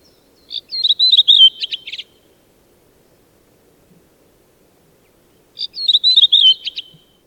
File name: Golosa ptic i zverei - Drozd-belobrovnik